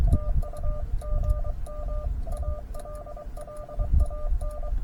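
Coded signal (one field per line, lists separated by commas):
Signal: Morse code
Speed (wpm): 23 wpm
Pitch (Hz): 1200 Hz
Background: none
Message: TU GM ALLAN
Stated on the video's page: CW POTA activation and CWops CWT contest run on a KX2 at 5 watts QRP.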